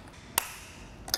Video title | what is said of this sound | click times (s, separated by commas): etrailer - Yakima Roof Rack Installation - 2014 Jeep Grand Cherokee | until we hear that same clicking that we did before letting us know that we're tightened down properly | 0.4 s, 1.1 s